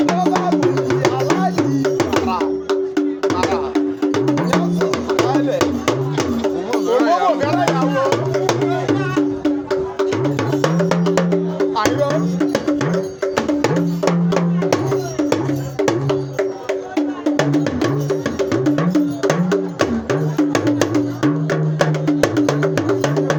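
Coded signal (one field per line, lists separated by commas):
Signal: talking drum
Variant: Yoruba dùndún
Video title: Fîfi Ìlù ki Oríkî îdílé ni èdè Yorùbá (Homage by talking drum in Yorùbá language)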